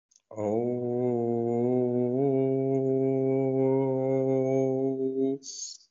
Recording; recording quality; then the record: sustained vowel as in boot; excellent, no background noise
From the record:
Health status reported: COVID-19 positive, no symptoms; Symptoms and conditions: none ticked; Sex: male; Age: 28 years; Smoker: not ticked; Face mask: not worn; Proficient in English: no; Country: India